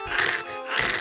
Our dog is sick. He's not critically ill or anything, but he's got a cold. And when little Frenchies, when any dog has a cold, but specifically Frenchies, like they cough like. It's hard to sleep when that noise is going all the time.